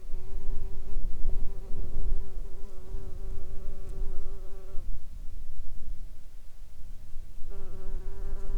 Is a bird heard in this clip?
no